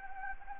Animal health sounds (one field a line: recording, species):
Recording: mosquito wingbeat signal from an infrared sensor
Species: Anopheles gambiae